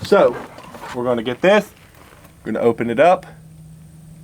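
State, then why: Not seated. Someone talks while getting ready to turn the gas adjustment screw on the adjustable steel gas block of a PA10 .308 rifle to open it up, because the rifle is still under gas after it tried to eject. No detent click is heard; the screw has not yet clicked into its next position.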